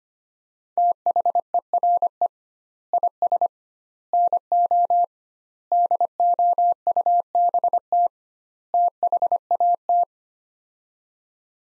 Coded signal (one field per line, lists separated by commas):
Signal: Morse code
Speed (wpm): 25 wpm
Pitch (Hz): 700 Hz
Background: none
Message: THERE IS NO DOUBT THAT